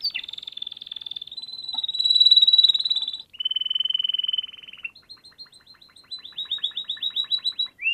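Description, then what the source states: Canary song: long rapid trills at steady pitch, one dropping to a lower buzzy rattle, then a series of quick falling whistled notes. Canary song used to train other birds to learn the song (masteran).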